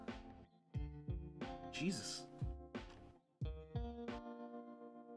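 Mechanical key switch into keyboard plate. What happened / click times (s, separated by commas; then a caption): The key switch is handled but has not yet snapped into the plate / none. A mechanical keyboard switch is being forced into a keyboard plate that is too tight, while swapping Glorious Panda switches out for Zealios 62g switches. Music with steady rhythmic hits plays in the background and someone talks. Nothing has seated or clicked yet.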